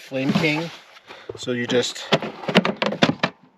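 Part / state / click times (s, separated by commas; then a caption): propane tank cover on propane tank / released / 2.8 s. A plastic Flame King propane tank cover, sitting on a propane tank, is popped off by hand to reach the shutoff valves while someone talks. Several sharp plastic snaps and knocks follow, with the cover popping free at about 2.8 s.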